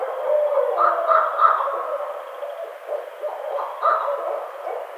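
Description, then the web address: Barred owl giving a run of rapid hooting and cackling notes, the bursts clustered early and again near the end, over steady background hiss. Recorded on 23 April 2009. "Barred Owl 2009 04 23"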